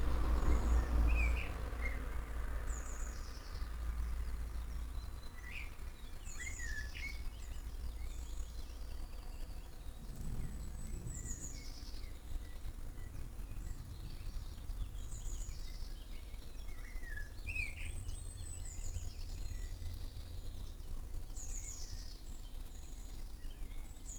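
Various birds call back and forth in a garden in the early morning, with short high chirps and whistled phrases coming every second or so throughout. A low steady rumble sits underneath, heaviest in the first couple of seconds.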